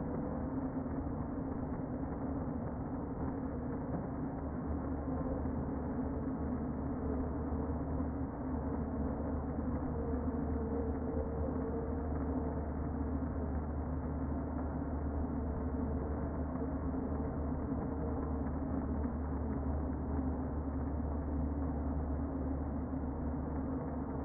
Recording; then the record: honeybee colony, microphone inside the hive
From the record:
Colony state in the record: queen present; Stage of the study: before two queens were removed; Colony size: about 60,000 bees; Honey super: yes